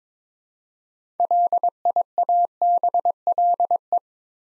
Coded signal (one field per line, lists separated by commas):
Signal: Morse code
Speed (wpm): 22 wpm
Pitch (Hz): 700 Hz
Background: none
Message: LIABLE